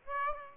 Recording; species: mosquito wingbeat signal from an infrared sensor; Aedes aegypti